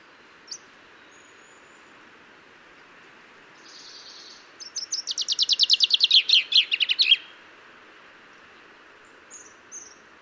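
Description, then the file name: Common chaffinch song: a brief buzzy note, then a rapid run of sharp notes that speeds up and drops in pitch, ending in a short flourish, with scattered high chips around it. "Fringilla coelebs"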